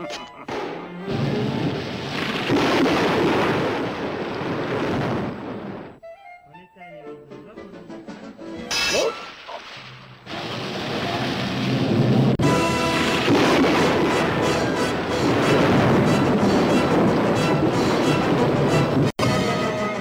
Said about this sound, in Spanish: Tormenta artificial, AK-9. Provocaré una tormenta tan fuerte sobre la casa de ese perro que no querrá salir en una semana.